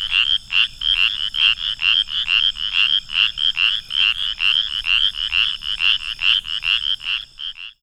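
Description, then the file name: Spotted chorus frog giving quick, rasping pulsed notes in a fast series. "pclarkii"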